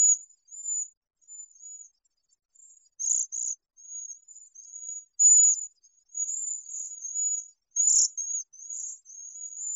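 Cedar waxwing calls: high, thin lisping notes, broken into short pieces, with a few louder bursts scattered through.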